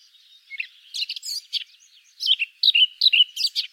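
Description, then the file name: Eurasian blackcap warbling song: quick, varied chirps and short slurred notes, high-pitched, in two bursts separated by a brief pause. "Sylvia atricapilla"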